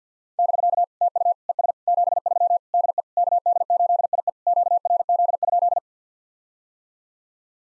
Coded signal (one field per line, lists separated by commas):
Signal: Morse code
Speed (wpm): 50 wpm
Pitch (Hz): 700 Hz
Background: none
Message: <BK> TU ES 73 DE KD8IE QRZ?